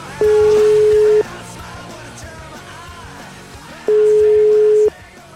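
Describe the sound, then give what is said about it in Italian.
A telephone ringback tone sounds twice while calling a doctor, each a loud, steady, low-pitched beep lasting about a second, separated by a long pause, with faint voices murmuring underneath. “Allora io proverei però a chiamare un dottore. Qui ho trovato il numero di telefono. Chiamiamo, dai.”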